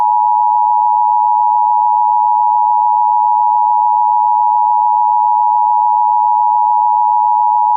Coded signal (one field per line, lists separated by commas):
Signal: Emergency Alert System (SAME) tones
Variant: 853 and 960 Hz attention tone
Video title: EAS Scenario #6 Satanic Origin